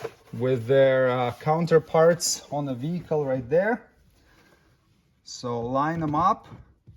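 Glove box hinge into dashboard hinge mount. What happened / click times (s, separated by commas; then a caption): Glove box handled and aligned, no seating click yet / none. In a 2023-2025 Toyota Prius Hybrid or Prius Prime, the glove box is being handled so its hinges line up with their mounts on the dashboard while someone talks. Nothing has seated or clicked yet; the clip ends just before the hinges are pushed home.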